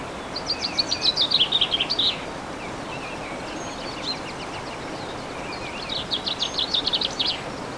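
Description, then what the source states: Bird song in two bursts of fast, high chirping notes, each lasting under two seconds and separated by a quiet gap, over a steady hiss of background noise. Recorded 15 March 2014 with an MZ-N710 recorder.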